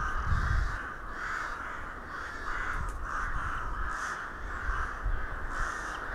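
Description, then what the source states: Crows producing a chorus of coarse, repeated caws, several birds overlapping throughout, with occasional low thumps beneath. Several crows recorded in December 2021 in Hernals, Vienna.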